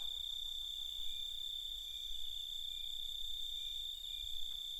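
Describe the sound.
Continuous high, ringing cicada drone with unchanging pitch, over steady low background rumble.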